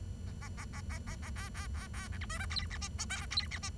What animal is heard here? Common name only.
Bengalese Finch